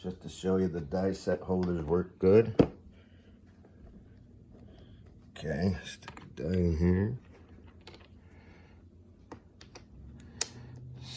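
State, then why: Seated. Someone talks while a die set holder is pushed down into the head of a Huskie Tools EP-510 hydraulic crimper, with a few faint clicks and taps along the way. A sharp, loud snap at 10.4 s marks the holder seating firmly in place.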